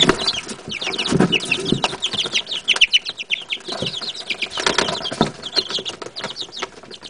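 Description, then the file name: Chicken chicks cheeping constantly, many high, short, downslurred peeps overlapping in a busy chorus with some low rustling. "Chiks"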